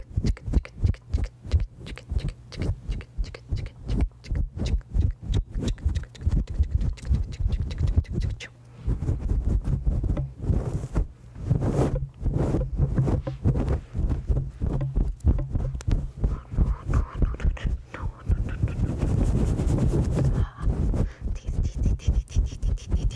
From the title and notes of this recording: ASMR Head Scratchies! Different Mic Covers.